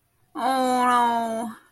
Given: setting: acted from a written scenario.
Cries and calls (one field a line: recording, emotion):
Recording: vocal sound without words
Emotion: sadness